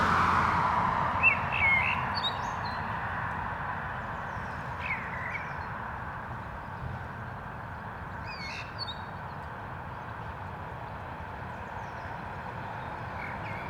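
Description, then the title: Common blackbird song, a few soft warbled phrases with faint high flourishes, partly buried under continuous traffic roar. Canal dike at Anderlecht, Brussels-Capital, Belgium, with car traffic; recorded using a Lom mikroUsi Pro microphone into a Zoom F3. "Digue du Canal, Anderlecht, Bruxelles-Capitale, Belgique - Blackbird and cars"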